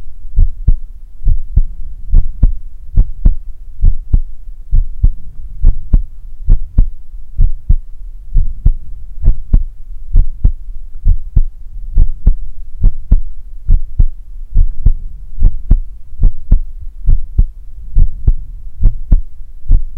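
A normal adult heartbeat heard close up: low, thudding lub-dub beats at about 69 per minute.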